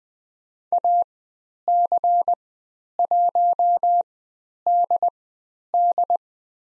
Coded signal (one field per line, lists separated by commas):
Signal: Morse code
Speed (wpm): 20 wpm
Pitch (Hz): 700 Hz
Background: none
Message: AC1DD